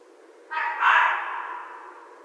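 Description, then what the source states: Red fox scream: a harsh, rasping cry that breaks in suddenly, grows louder soon after, then trails off slowly. Recorded 14 January 2012.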